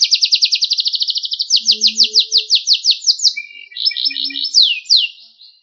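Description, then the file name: Canary singing a very fast rattling trill that slows into separate sweeping downslurred notes, followed by short buzzy chatter and a few clear falling whistles. Sekar Jagad variety of canary. "kenari sekar jagad"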